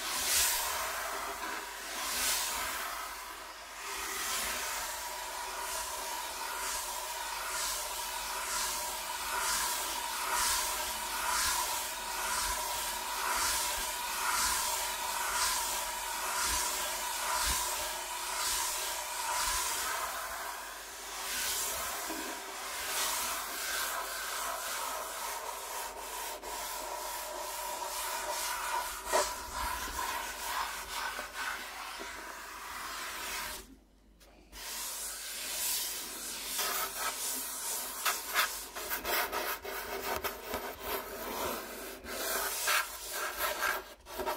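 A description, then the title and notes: Hands rub and scratch across a wooden table in a steady, dense rasping that shifts pattern over time, with quick regular strokes early on. Near 34 seconds the scratching stops briefly, then resumes more unevenly with occasional sharper scrapes. ASMR Rubbing & Scratching on a Wooden Table Changing Patterns (NO TALKING).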